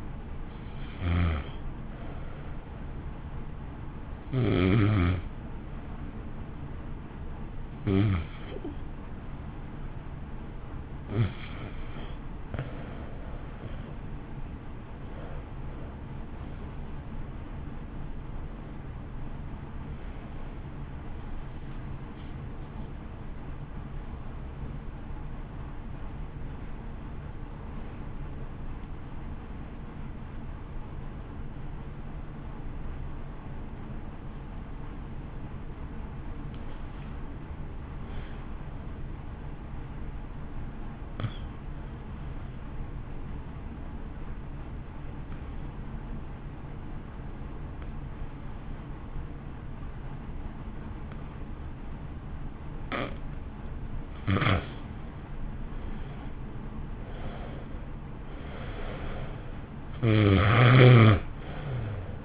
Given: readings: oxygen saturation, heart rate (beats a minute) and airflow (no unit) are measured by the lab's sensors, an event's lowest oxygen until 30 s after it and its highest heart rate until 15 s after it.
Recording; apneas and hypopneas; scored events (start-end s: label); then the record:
breathing in sleep by a smartphone at the bedside; 2
9.00-25.50 s: hypopnea (N2, oxygen 94% highest, then 92% lowest, heart rate 53 at the start, 58 highest)
11.00-41.00 s: new sleep stage, awake
21.00-43.00 s: awake
41.00-62.25 s: new sleep stage, N1 (lightest sleep)
43.00-54.10 s: obstructive apnea (N1, oxygen 94% highest, then 83% lowest, heart rate 58 at the start, 60 highest)
From the record:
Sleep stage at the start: N2 (light sleep); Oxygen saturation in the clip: 89 to 94%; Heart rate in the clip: 53 to 60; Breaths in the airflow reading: 15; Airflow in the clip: -2.9 to 2.5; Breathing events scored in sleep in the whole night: 328 in 6.3 hours asleep